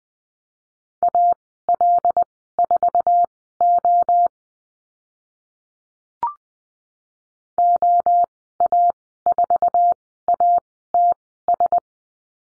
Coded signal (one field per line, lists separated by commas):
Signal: Morse code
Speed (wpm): 20 wpm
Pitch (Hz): 700 Hz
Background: none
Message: AL4O OA4ATS